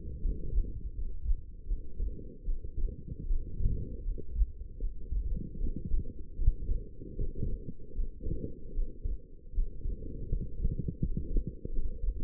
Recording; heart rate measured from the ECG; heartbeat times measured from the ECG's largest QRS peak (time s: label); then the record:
heart sounds by stethoscope; 78 bpm
0.21 s: heartbeat
0.94 s: heartbeat
1.66 s: heartbeat
2.44 s: heartbeat
3.26 s: heartbeat
4.03 s: heartbeat
4.79 s: heartbeat
5.57 s: heartbeat
6.35 s: heartbeat
7.14 s: heartbeat
7.94 s: heartbeat
8.73 s: heartbeat
9.53 s: heartbeat
10.28 s: heartbeat
10.99 s: heartbeat
11.70 s: heartbeat
From the record:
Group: healthy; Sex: female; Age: 19 years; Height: 163 cm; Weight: 51 kg